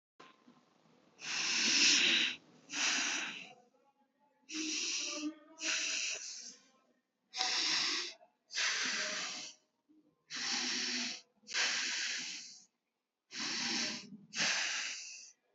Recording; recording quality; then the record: shallow breathing; moderate, slight background noise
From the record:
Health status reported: healthy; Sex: male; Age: 33 years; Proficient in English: yes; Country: India